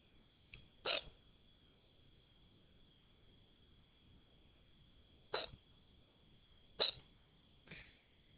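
Four sharp, brief hiccup sounds from an adult at irregular intervals over eight seconds, with quiet room noise between them.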